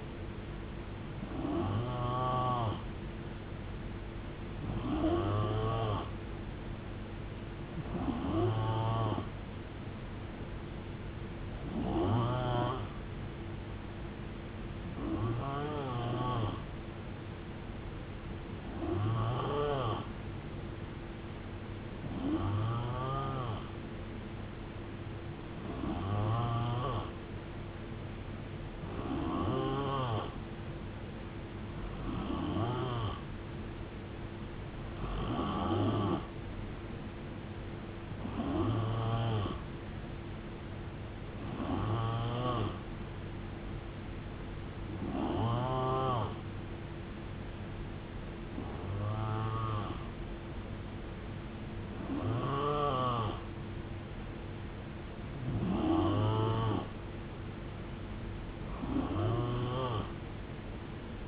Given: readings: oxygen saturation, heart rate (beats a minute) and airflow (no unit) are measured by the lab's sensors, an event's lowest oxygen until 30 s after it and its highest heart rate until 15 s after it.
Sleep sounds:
breathing in sleep by a voice recorder at the bedside; none
none scored
From the record:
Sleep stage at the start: N3 (deep sleep); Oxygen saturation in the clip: 89 to 91%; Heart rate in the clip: 67 to 79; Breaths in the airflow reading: 18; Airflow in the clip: -9.3 to 5.0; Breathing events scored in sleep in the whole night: 389 in 6.3 hours asleep

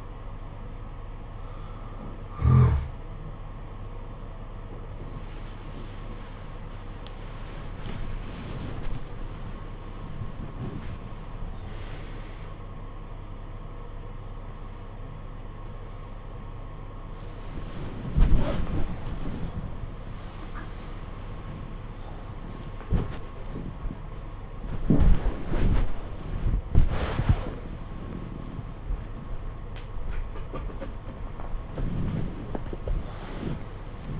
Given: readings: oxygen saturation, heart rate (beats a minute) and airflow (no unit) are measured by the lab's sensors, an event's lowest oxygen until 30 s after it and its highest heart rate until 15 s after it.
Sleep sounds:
a person awake in a sleep study, by a smartphone at the bedside; none
6.00-33.00 s: awake
30.00-34.19 s: new sleep stage, N1 (lightest sleep)
From the record:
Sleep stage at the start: awake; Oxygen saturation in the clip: 86 to 95%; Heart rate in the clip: 63 to 88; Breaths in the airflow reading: 10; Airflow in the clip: -13.2 to 13.4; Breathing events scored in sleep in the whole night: 476 in 9.7 hours asleep

